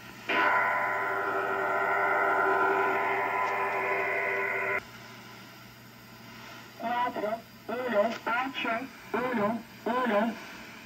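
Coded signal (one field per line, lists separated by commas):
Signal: numbers station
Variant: HM01, Cuban Lady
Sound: a few seconds of dense buzzing data tones, then a voice reading five short words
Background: radio static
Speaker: and there you have the shortwave numbers station known as hm01 or the cuban lady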